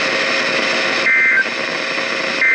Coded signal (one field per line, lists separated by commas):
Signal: Emergency Alert System (SAME) tones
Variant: end-of-message bursts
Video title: FREEFORM JAZZ... EAS Alerts from 7/17/21 (EAS #5,917 - 5,928)